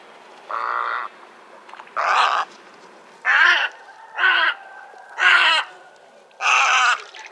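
Western reef heron uttering six rasping, guttural croaks at roughly one-second intervals, each short and broad.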